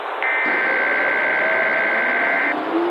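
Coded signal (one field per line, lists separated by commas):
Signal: Emergency Alert System (SAME) tones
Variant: header bursts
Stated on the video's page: Fictional analog-horror EAS scenario, simulated but using valid EAS tones.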